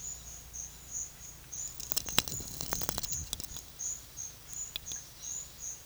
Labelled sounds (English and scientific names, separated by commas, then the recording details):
none
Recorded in secondary vegetation near Puerto Asís, Putumayo, Colombia, on 22 June 2025 at 11:00
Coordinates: 0.500, -76.326
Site GP08